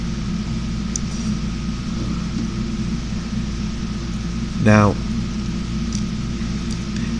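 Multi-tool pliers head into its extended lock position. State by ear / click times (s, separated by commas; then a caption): seated / 5.9 s. The pliers head of a Gerber bladeless MP600 multi-tool is swung out to its fully extended position over a steady low hum while someone talks. Its lock engages with a sharp click at 6.0 s, and the head is locked in place.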